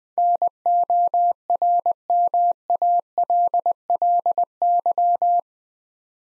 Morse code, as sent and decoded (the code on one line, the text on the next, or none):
-. --- .-. -- .- .-.. .-.. -.--
NORMALLY